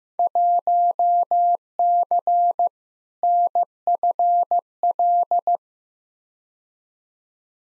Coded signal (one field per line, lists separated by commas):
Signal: Morse code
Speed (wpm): 15 wpm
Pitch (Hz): 700 Hz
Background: none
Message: 1C NFL